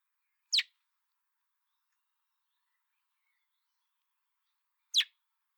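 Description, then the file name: Common blackbird giving two single sharp, high, downward-sweeping chips about four seconds apart, with quiet between. "Turdus merula"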